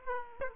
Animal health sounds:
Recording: mosquito wingbeat signal from an infrared sensor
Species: Aedes aegypti

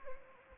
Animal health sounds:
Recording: mosquito wingbeat signal from an infrared sensor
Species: Anopheles gambiae

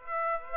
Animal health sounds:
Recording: mosquito wingbeat signal from an infrared sensor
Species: Aedes aegypti

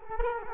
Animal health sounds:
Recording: mosquito wingbeat signal from an infrared sensor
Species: Culex quinquefasciatus

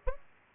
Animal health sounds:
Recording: mosquito wingbeat signal from an infrared sensor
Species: Aedes aegypti

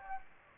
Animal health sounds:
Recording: mosquito wingbeat signal from an infrared sensor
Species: Anopheles gambiae

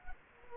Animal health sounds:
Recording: mosquito wingbeat signal from an infrared sensor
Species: Culex quinquefasciatus

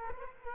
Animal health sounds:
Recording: mosquito wingbeat signal from an infrared sensor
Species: Culex quinquefasciatus

